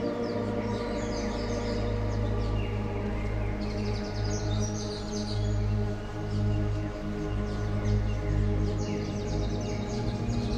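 Steady layered low droning tones hum continuously beneath scattered bright bird chirps and twitters that come and go throughout.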